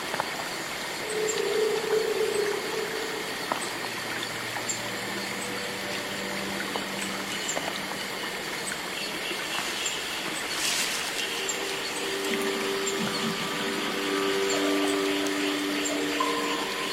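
Cicadas drone steadily in high layered bands in the rainforest, with a louder rasping surge near eleven seconds and brief low tones drifting through.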